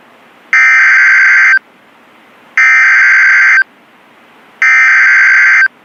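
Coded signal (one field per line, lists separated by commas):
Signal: Emergency Alert System (SAME) tones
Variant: header bursts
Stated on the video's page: Real received EAS alerts for flooding.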